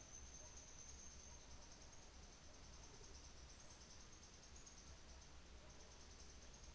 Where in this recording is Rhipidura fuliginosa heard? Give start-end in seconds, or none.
0.00-1.37